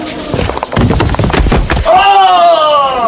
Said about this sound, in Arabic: أدركوا عمارا، سقط الجدار عليه.